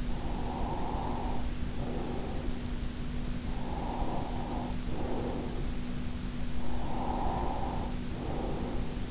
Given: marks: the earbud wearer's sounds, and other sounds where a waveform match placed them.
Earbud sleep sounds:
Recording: sounds in sleep by an in-ear microphone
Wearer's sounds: breath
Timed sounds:
0.02-2.93 s: breath
3.47-6.12 s: breath
6.80-9.11 s: breath

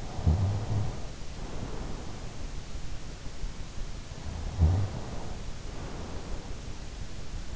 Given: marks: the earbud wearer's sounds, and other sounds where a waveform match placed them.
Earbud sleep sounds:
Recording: sounds in sleep by an in-ear microphone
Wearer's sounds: snoring breath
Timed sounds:
0.00-2.28 s: snoring breath
4.22-6.59 s: snoring breath

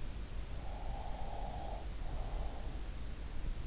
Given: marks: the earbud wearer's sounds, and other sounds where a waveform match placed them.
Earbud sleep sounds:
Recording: sounds in sleep by an in-ear microphone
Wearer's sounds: breath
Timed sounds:
0.73-3.29 s: breath

